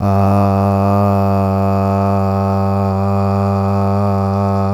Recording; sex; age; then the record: sustained vowel /a/; male; 40 to 49 years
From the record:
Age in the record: 47 years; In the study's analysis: included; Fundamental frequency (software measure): 98 Hz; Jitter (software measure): 0.28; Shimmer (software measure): 1.40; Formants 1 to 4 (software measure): 706 Hz, 1229 Hz, 2508 Hz, 4251 Hz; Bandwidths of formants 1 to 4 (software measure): 176 Hz, 146 Hz, 178 Hz, 440 Hz